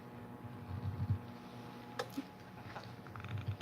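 A vacuum adapter is handled and pulled off a glass mason jar of vacuum-sealed candy corn topped with a metal canning lid, with low rumbling handling noise and a brief sharp knock near 2.0 s. The clip ends before the lid is pulled down, so nothing has seated or clicked yet.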